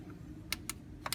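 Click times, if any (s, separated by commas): none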